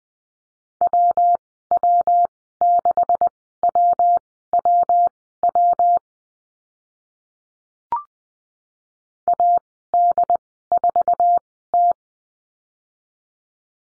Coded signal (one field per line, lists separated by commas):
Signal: Morse code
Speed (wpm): 20 wpm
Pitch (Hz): 700 Hz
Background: none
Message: WW6WWW AD4T